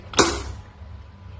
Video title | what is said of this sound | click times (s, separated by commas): Blender, ice crusher and smoothie maker- Nutribullet Full-size Blender review | So we're just putting it on here, and listen for the click. | 0.2 s